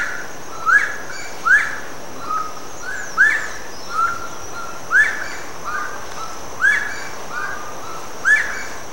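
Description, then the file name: Slaty-breasted wood rail uttering sharp rising whistles alternating with flatter notes in a steady series, accompanied by a continuous high-pitched hum. Recorded in Itatiaia National Park, Rio de Janeiro, Brazil. "Aramides saracura PNItatiaia RJ. ASilveira"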